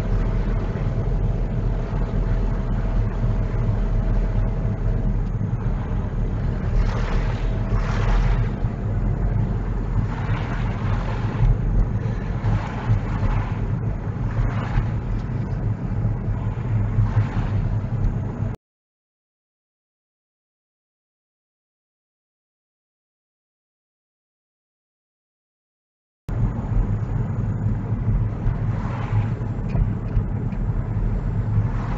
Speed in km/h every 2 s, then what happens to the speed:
23, 23, 23, 24, 24, 26, 24, 23, 24, 23, 23, 24, 26, 24, 23, 23.
0-32 steady at about 23.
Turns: none.